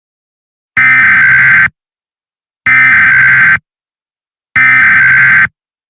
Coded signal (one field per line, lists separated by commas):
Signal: Emergency Alert System (SAME) tones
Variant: header bursts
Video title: EAS Scenario #2: Rocked